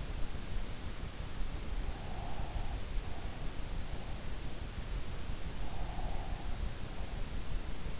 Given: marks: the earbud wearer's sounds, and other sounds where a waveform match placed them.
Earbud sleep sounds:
sounds in sleep by an in-ear microphone; breath
2.06-2.88 s: breath
5.63-6.39 s: breath

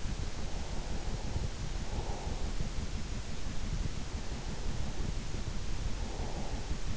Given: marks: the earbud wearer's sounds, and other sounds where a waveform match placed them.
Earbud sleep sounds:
sounds in sleep by an in-ear microphone; breath
0.08-2.75 s: breath
3.92-6.97 s: breath

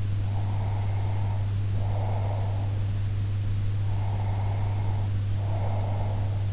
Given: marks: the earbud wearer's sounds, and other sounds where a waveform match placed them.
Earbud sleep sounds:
sounds in sleep by an in-ear microphone; breath
0.36-2.85 s: breath
3.96-6.42 s: breath

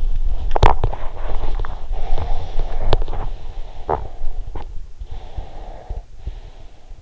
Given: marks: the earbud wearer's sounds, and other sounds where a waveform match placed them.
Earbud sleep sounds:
sounds in sleep by an in-ear microphone; teeth grinding, breath
0.25-1.17 s: teeth grinding
1.88-4.57 s: breath
4.75-7.01 s: breath

